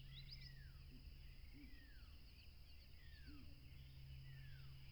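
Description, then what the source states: Cricket chorus rings steadily at a high pitch while another caller gives several descending whistled notes, over a low, steady hum. Crickets at a tropical river, with a plane passing.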